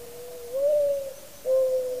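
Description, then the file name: Mourning dove giving a mellow, hooting coo that swells slightly upward, then a second steady low coo after a short pause. "Mourning Dove - Zenaida macroura"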